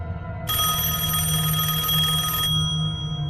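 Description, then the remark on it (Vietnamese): A mobile phone on a bed rings at night in one sustained burst of bright, buzzing tones lasting about two seconds over a steady low hum, then cuts off abruptly. “Tiếng lạch cạch vừa rồi đã biến mất, chỉ còn từng hồi chuông điện thoại đổ dồn.”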